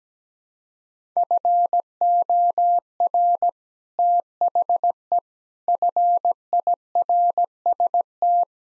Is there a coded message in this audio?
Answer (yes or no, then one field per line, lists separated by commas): yes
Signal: Morse code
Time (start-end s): 1.2-8.4 s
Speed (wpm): 17 wpm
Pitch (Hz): 700 Hz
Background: none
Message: FOR THE FIRST